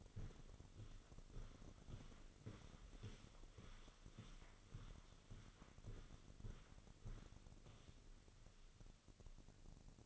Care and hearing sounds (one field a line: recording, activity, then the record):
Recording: daily activity, microphone in the room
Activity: walk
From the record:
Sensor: 4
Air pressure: 1010.1 hPa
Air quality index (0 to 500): 171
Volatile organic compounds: 2 ppm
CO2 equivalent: 1238 ppm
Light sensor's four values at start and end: 51/127/53/59 and 52/128/54/59